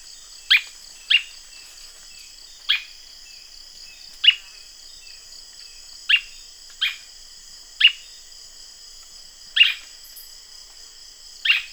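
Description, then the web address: Bird calls as a series of sharp downward-sweeping chips at irregular intervals, accompanied throughout by a steady high drone. "BIRD 2015 SABIOD"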